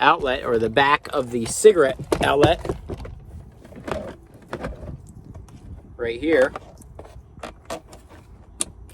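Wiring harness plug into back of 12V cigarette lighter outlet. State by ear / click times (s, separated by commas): seated / 8.6 s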